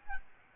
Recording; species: mosquito wingbeat signal from an infrared sensor; Aedes albopictus